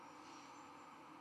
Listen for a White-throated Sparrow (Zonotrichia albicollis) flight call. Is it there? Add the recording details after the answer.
no. No flight call is heard. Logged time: 01:04 on 11 November 2014